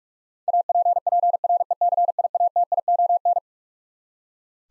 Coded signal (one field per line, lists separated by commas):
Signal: Morse code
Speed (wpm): 47 wpm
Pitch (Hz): 700 Hz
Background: none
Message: APPRECIATION